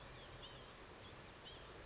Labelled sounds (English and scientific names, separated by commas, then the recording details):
Blue-gray Gnatcatcher (Polioptila caerulea)
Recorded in Sonoma County, California